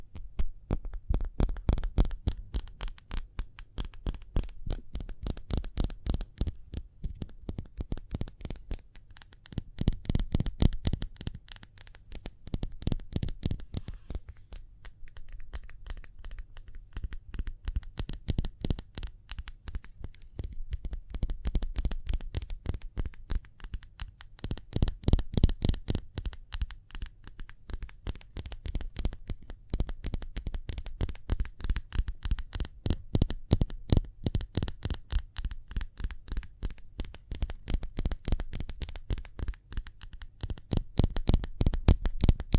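Speedy hand sounds: rapid, crisp clicks and flutters arrive in dense, uneven bursts throughout, easing briefly before surging again over a faint low hum.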